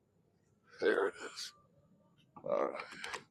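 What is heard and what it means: A fast-charger EV charging cable connector is handled at a vehicle's charge port while someone talks in two short bursts. Nothing has seated or clicked yet; the connector is not yet home.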